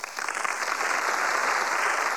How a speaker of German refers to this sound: Die Abgeordneten der Allianz erhoben sich von ihren Plätzen, von der PDS allerdings mochten nur wenige Beifall klatschen.